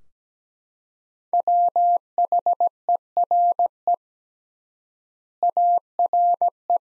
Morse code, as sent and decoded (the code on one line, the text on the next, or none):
.-- .... . .-. . / .- .-. .
WHERE ARE